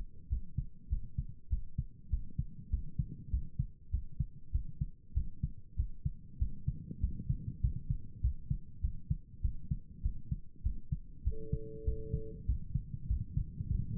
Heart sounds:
heart sounds by stethoscope; 99 bpm
0.28 s: heartbeat
0.88 s: heartbeat
1.49 s: heartbeat
2.09 s: heartbeat
2.69 s: heartbeat
3.30 s: heartbeat
3.90 s: heartbeat
4.51 s: heartbeat
5.13 s: heartbeat
5.76 s: heartbeat
6.38 s: heartbeat
7.00 s: heartbeat
7.60 s: heartbeat
8.21 s: heartbeat
8.80 s: heartbeat
9.41 s: heartbeat
10.02 s: heartbeat
10.62 s: heartbeat
11.23 s: heartbeat
11.84 s: heartbeat
12.45 s: heartbeat
13.07 s: heartbeat
13.68 s: heartbeat
From the record:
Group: healthy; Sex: male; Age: 19 years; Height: 178 cm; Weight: 83 kg

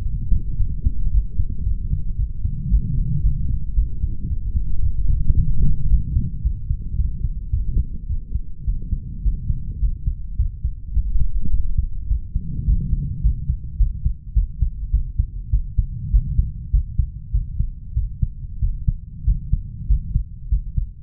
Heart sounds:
heart sounds by stethoscope; 106 bpm
0.05 s: heartbeat
0.60 s: heartbeat
1.13 s: heartbeat
1.66 s: heartbeat
2.19 s: heartbeat
2.72 s: heartbeat
3.24 s: heartbeat
3.77 s: heartbeat
4.30 s: heartbeat
4.84 s: heartbeat
5.38 s: heartbeat
5.91 s: heartbeat
6.45 s: heartbeat
6.99 s: heartbeat
7.53 s: heartbeat
8.10 s: heartbeat
8.68 s: heartbeat
9.25 s: heartbeat
9.82 s: heartbeat
10.39 s: heartbeat
10.96 s: heartbeat
11.54 s: heartbeat
12.11 s: heartbeat
12.68 s: heartbeat
13.24 s: heartbeat
13.80 s: heartbeat
14.36 s: heartbeat
14.94 s: heartbeat
15.53 s: heartbeat
16.14 s: heartbeat
16.74 s: heartbeat
17.34 s: heartbeat
17.97 s: heartbeat
18.63 s: heartbeat
19.28 s: heartbeat
19.90 s: heartbeat
20.52 s: heartbeat
From the record:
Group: healthy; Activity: light exercise 0-5 s, rest 5-21 s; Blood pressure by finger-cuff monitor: 151/86 mmHg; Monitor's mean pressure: 108 mmHg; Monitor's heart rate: 107 bpm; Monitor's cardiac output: 8.8 L/min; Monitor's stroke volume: 84 mL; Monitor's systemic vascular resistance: 940 dyn s/cm5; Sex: male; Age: 21 years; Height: 175 cm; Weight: 72.6 kg

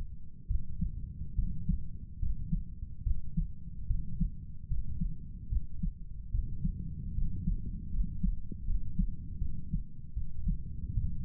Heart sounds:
heart sounds by stethoscope; 75 bpm
0.47 s: heartbeat
1.35 s: heartbeat
2.19 s: heartbeat
3.03 s: heartbeat
3.87 s: heartbeat
4.67 s: heartbeat
5.49 s: heartbeat
6.31 s: heartbeat
7.14 s: heartbeat
7.90 s: heartbeat
8.65 s: heartbeat
9.39 s: heartbeat
10.14 s: heartbeat
10.94 s: heartbeat
From the record:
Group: healthy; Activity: rest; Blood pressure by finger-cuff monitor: 97/63 mmHg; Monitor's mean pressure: 73 mmHg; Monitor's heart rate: 75 bpm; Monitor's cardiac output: 6.6 L/min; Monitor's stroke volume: 90 mL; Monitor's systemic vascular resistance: 790 dyn s/cm5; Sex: male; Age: 35 years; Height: 180 cm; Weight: 86.9 kg

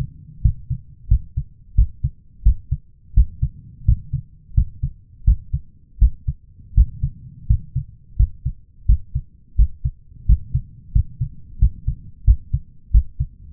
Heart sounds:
heart sounds by stethoscope; 86 bpm
0.41 s: heartbeat
1.08 s: heartbeat
1.75 s: heartbeat
2.43 s: heartbeat
3.14 s: heartbeat
3.85 s: heartbeat
4.54 s: heartbeat
5.24 s: heartbeat
5.98 s: heartbeat
6.74 s: heartbeat
7.47 s: heartbeat
8.16 s: heartbeat
8.86 s: heartbeat
9.56 s: heartbeat
10.26 s: heartbeat
10.92 s: heartbeat
11.59 s: heartbeat
12.24 s: heartbeat
12.91 s: heartbeat
From the record:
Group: healthy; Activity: rest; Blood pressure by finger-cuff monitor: 151/108 mmHg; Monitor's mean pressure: 117 mmHg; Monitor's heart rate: 86 bpm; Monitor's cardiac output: 6.9 L/min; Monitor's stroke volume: 80 mL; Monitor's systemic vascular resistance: 1300 dyn s/cm5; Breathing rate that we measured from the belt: 17 breaths a minute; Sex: male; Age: 23 years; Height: 179 cm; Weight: 87 kg

